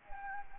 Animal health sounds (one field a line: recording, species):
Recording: mosquito wingbeat signal from an infrared sensor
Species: Anopheles gambiae